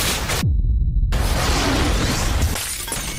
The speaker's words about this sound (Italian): E allora, avete sentito suoni, crepitii, esplosioni in un giorno normale, che doveva essere normale, che ha cambiato un po' la storia di questa compagnia.